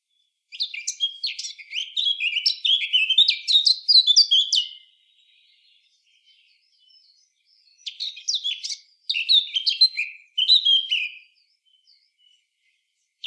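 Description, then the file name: Eurasian blackcap singing two rich warbling phrases, each a rapid run of varied fluty and scratchy notes, separated by a few seconds of near silence. "Sylvia atricapilla"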